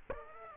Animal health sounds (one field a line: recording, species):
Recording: mosquito wingbeat signal from an infrared sensor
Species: Aedes aegypti